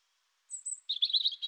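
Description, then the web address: European robin song fragment: a thin very high whistle followed by a quick, warbling run of notes. "annee-nature rougegorge"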